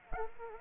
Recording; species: mosquito wingbeat signal from an infrared sensor; Anopheles arabiensis